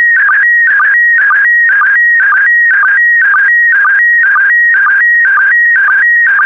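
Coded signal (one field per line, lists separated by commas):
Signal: SSTV (slow-scan television)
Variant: PD120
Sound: warbling whistle-like tone repeating about twice a second, with short low chirps between lines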